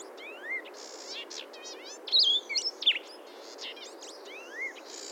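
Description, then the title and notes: Blue-headed vireo giving short, slurred whistled phrases, loudest around two to three seconds in, amid a busy chorus of other birds' chirps and rising whistles. "Blue-Headed Vireo Call by SciFri"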